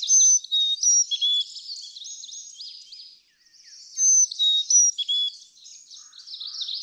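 Carolina chickadee singing pure, downward-stepping whistles in two phrases, against a busy wash of high chirps.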